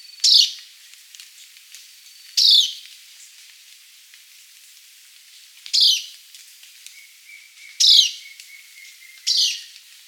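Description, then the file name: Black-capped foliage-gleaner alarm calls: five short, harsh, rasping bursts spaced irregularly, about one every two seconds, over a faint steady hiss. Short alarm call, Puerto Bertoni, 22 September 2000. "Philydoratricapillum Pto Bertoni 22 SEP 00 MVQZshortalarm"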